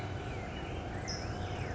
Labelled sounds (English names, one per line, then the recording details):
California Towhee
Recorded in Sonoma County, California